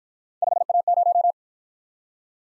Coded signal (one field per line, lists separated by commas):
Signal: Morse code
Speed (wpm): 48 wpm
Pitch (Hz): 700 Hz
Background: none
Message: 5A0